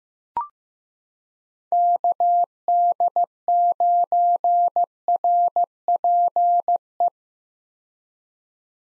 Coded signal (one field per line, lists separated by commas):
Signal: Morse code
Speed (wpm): 15 wpm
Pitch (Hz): 700 Hz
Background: none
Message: KD9RPE